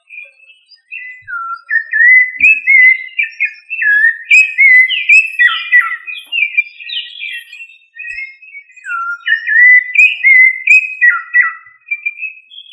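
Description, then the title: Thrush delivering a continuous melodic song of clear whistles and quick slurred notes, phrases rising and dropping in pitch, with brief gaps between runs. "Familia Turdidae - Sabia"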